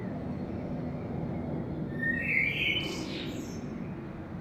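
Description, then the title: Common blackbird singing one brief mellow warble that breaks into a higher scratchy flourish, with constant low background hum. Saint-Gilles, Belgium, early morning; recorded with a DPA 2006c AB microphone pair into a Zoom F3 recorder. "Saint-Gilles, Belgique - Blackbird - Merle"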